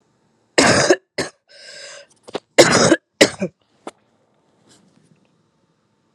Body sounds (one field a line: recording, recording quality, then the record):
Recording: heavy voluntary cough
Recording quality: excellent, no background noise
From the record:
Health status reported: COVID-19 positive, mild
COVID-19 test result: positive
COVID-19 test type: RT-PCR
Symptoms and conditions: cough, cold, sore throat, fever, fatigue, muscle pain, loss of smell and taste, asthma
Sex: female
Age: 25 years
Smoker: no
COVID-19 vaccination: both doses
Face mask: not worn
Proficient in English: yes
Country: India